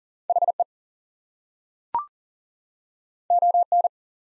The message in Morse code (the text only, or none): HE ON